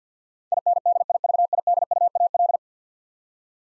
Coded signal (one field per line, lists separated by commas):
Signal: Morse code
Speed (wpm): 50 wpm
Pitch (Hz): 700 Hz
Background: none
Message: INDIVIDUAL